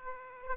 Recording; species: mosquito wingbeat signal from an infrared sensor; Aedes aegypti